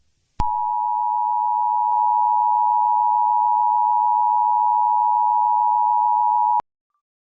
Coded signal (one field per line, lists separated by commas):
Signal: Emergency Alert System (SAME) tones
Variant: 853 and 960 Hz attention tone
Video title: EAS Alarm #3: Unikitty Attack